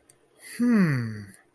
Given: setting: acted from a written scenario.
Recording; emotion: vocal sound without words; confusion